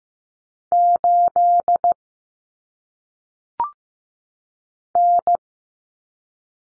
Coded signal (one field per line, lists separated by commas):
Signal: Morse code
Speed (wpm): 15 wpm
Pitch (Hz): 700 Hz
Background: none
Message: 8 N